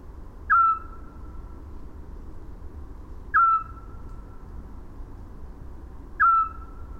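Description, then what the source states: Eurasian scops owl calling with single soft whistled hoots spaced roughly three seconds apart, three notes heard against faint low rumble. Recorded at Landshut, Germany, on 5 May 2018.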